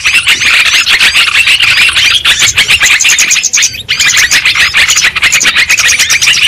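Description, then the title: Lovebirds chattering in a dense, shrill flock, high squeaky notes overlapping continuously with a brief lull near the middle. Lure recording (pikat) played to attract and trap lovebirds. "PIKAT BURUNG LOVEBIRD"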